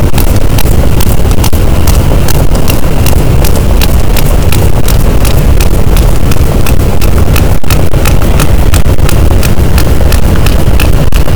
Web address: Pm BP Physeter Macrocephalus boat SNR 18 d B cachalot positif